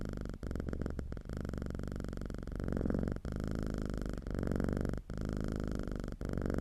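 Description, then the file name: Cat purring: a steady low rumble pulsing with each breath in and out, broken by a few brief pauses. "Calm - Purring Cat"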